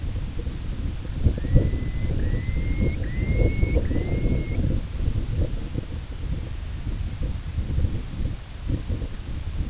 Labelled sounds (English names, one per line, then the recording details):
Purple Sandpiper
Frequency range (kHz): Purple Sandpiper 1.2-2.9 kHz
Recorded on Arctic tundra, site IGLO-A, on 16 June 2018
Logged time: 13:59